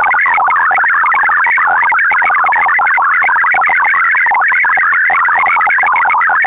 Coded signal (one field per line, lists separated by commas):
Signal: multi-tone FSK (Olivia or MFSK type)